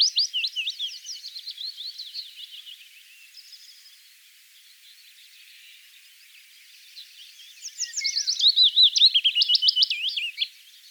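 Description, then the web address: Willow warbler singing two soft, falling phrases of quick slurred notes, each around three seconds, separated by a gap with faint twittering in the background. "vogelstimmen fitis gesang nabu lars lachmann"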